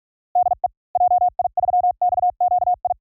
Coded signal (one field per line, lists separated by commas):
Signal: Morse code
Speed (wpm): 46 wpm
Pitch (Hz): 720 Hz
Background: none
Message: DE JI3XQI